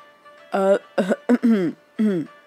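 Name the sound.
light cough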